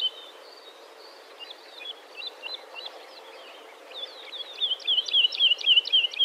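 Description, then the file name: Woodlark song, soft scattered fluty notes building into a faster run of repeated falling, liquid notes near the end. "Heidelerche"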